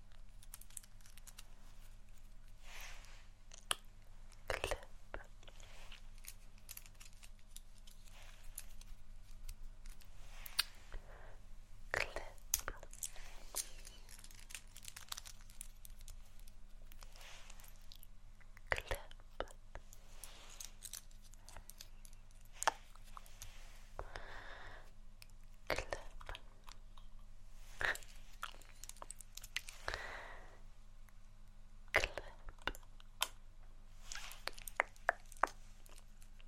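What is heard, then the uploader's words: ASMR triggers: irregular crisp taps, clicks and snipping sounds with occasional soft rustling swishes, over a steady low hum throughout. ASMR Assortment Of Relaxing RED Triggers.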